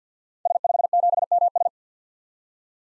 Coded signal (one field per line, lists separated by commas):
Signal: Morse code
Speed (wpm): 50 wpm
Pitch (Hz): 700 Hz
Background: none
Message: S57MS